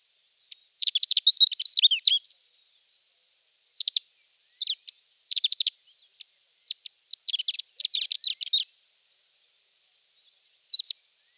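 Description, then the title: Reunion olive white-eye song: bursts of high, twittering, warbled notes, with a long jumbled phrase near the start, then scattered shorter chirpy runs and pauses. "Plecir3un. Kicau reunion olive white eye"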